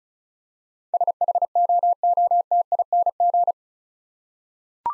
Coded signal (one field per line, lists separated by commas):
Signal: Morse code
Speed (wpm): 34 wpm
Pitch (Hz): 700 Hz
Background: none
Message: SHOOTING